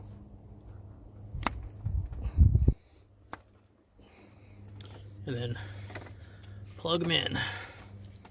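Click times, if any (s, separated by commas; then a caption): none. A plastic wiring harness connector is handled onto an ignition coil of a first-generation Audi Q5 2.0T while someone talks, with light plastic rattles and brief taps heard throughout. Nothing has seated or clicked yet.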